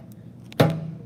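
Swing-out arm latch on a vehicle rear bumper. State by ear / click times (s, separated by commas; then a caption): seated / 0.6 s. A steel swing-out arm on a vehicle's rear bumper is closed back against the bumper. Two faint ticks at 0.1 and 0.5 seconds come before it latches with a loud metallic clunk at 0.6 seconds, and a low ring fades out afterward. The arm is latched shut.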